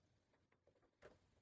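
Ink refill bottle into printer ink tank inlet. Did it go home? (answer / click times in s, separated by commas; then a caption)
no / none. A plastic ink refill bottle is handled and lined up over the ink tank inlet of an HP Smart Tank 6001 printer, with faint soft taps and light scraping over a quiet background and a slightly stronger rustle near 1.0 s. Nothing has seated or clicked yet.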